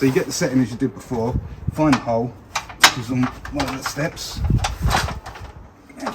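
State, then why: Seated. Someone talks while setting the height of a plastering hop-up work platform, lining the step up with the adjustment hole on the platform leg. The height-adjustment locking pin engages with a short click at 6.1 s, and the step locks into place.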